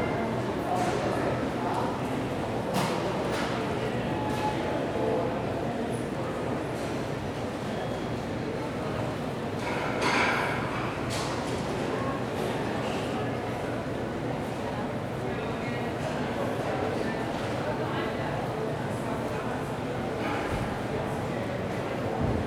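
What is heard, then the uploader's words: A market scene with a steady murmur of overlapping voices, occasional sharp clinks and knocks, and a low hum of traffic underneath throughout. Slow Day at the Market.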